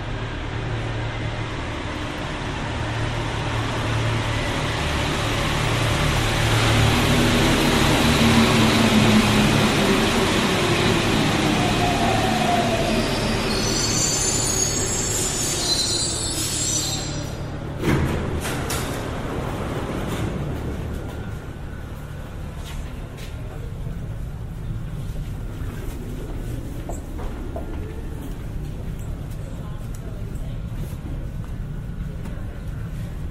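A Paris Métro train rumbles along in a steady, dense roar that swells toward its loudest around eight to ten seconds. Between roughly 13 and 17 seconds a high metallic squeal of wheels rings out, followed by a sharp clank near 18 seconds as the noise eases.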